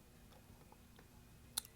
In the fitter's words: dispenser board as you see all those Clips snap on the top